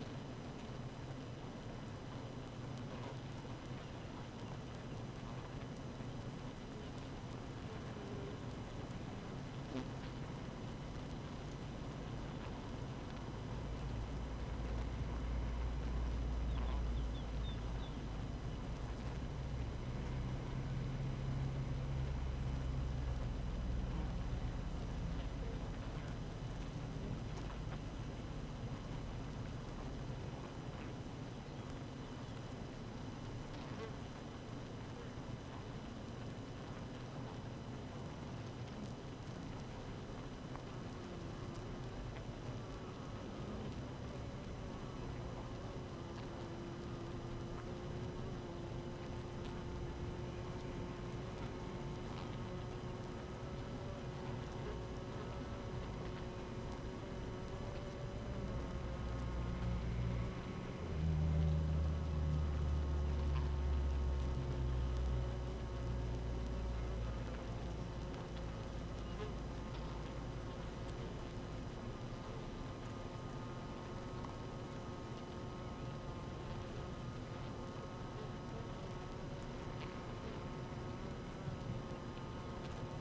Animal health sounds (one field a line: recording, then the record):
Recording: honeybee colony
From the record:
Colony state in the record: active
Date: 12 June 2018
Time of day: 6:28